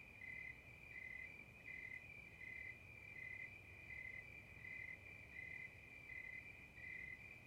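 Cricket chirping: a steady high trill runs throughout, with short pulsed chirps repeating about every 0.7 seconds.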